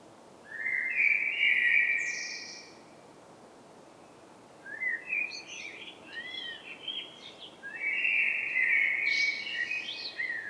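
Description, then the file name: Common blackbird song: rich fluted phrases separated by pauses, including a run of quick looping notes, with high scratchy twitters after each phrase. "Turdus merula"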